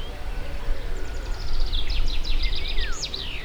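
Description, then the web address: Bird calls: a quick run of sharp chirps and sweeping whistled notes, over a deep rumbling background. Diverse bird life at the Hortobágy fishponds, Hungary, 2014, at the inner terminus of the narrow-gauge railway. "hanggyujtemeny kisvasut hortobagyihalastavak 2014 termeszet sokszinumadarvilag belsovegallomas"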